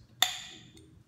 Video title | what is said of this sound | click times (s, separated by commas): GWS Inline FlowThru Adaptor Product Introduction | When you hear the click you know its installed. | 0.2 s